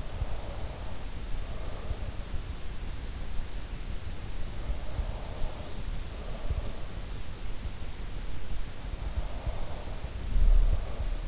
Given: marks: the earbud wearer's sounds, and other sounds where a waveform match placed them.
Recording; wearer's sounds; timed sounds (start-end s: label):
sounds in sleep by an in-ear microphone; breath
0.00-1.82 s: breath
4.58-6.96 s: breath
8.94-11.28 s: breath